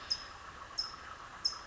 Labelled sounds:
California Towhee (Melozone crissalis)
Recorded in Sonoma County, California

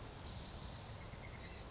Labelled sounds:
Blue-gray Gnatcatcher (Polioptila caerulea)
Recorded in Sonoma County, California

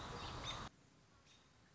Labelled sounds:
American Robin (Turdus migratorius)
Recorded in Sonoma County, California

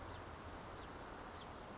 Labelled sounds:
Song Sparrow (Melospiza melodia)
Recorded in Sonoma County, California

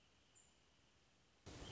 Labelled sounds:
Wrentit (Chamaea fasciata)
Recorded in Sonoma County, California

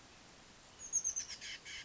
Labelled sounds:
Oak Titmouse (Baeolophus inornatus)
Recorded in Sonoma County, California

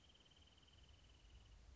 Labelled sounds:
Wrentit (Chamaea fasciata)
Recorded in Sonoma County, California

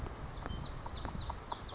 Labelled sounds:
Lazuli Bunting (Passerina amoena)
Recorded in Sonoma County, California

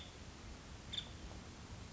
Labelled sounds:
Nuttall's Woodpecker (Dryobates nuttallii)
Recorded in Sonoma County, California

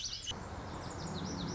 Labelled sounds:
Lazuli Bunting (Passerina amoena)
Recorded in Sonoma County, California

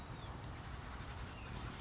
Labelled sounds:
Oak Titmouse (Baeolophus inornatus)
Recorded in Sonoma County, California

